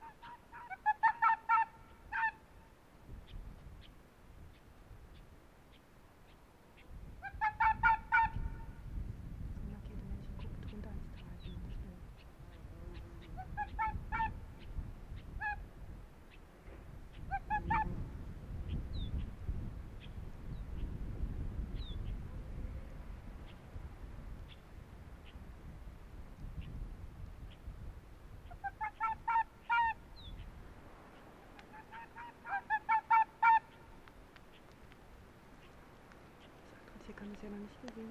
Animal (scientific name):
Vulpes lagopus